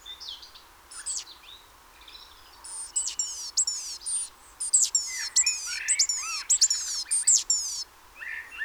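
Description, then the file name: Great tit calls: thin, high notes sliding downward, given in quick irregular runs that grow busier in the second half, with a few lower chirps underneath. "Parus major"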